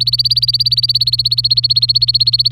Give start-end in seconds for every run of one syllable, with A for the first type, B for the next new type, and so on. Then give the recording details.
0.00-2.51 A. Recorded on 24 April 2018 at 11:16. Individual llb3